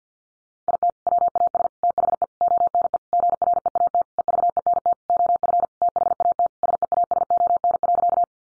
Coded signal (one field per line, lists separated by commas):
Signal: Morse code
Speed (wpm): 50 wpm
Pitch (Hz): 700 Hz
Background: none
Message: IT WAS THE ONE GREAT EVENT OF THAT SEASON.